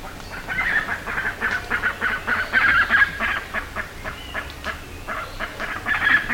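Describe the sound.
Bird calls, harsh notes repeated about four times a second in a steady chattering run, with fainter higher notes above.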